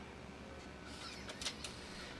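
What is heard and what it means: A floppy disk is ejected from a Macintosh SE floppy drive. A soft mechanical whir and rattle build from about 0.9 s, then the eject snaps sharply at 1.7 s. The disk comes out of the drive cleanly, and the mechanism works nicely and sharply.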